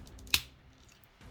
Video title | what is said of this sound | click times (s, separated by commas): Transformers Studio Series Leader Class Shockwave- Review | and you will hear a click which honestly sounds amazing on camera | 0.3 s